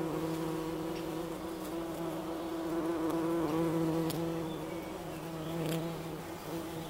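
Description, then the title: Bumblebee droning steadily, a deep even hum throughout, with a few brief clicks or taps scattered over it. Bumblebee buzzing recorded in Wülfel, Hannover, Germany. "Wülfel, Hannover, Deutschland - Hummelgebrumm"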